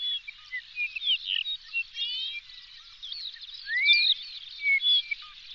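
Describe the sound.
Birds chirping and singing, a dense mix of high whistled notes, rising slurs and short chirps overlapping throughout, with louder bursts every second or so.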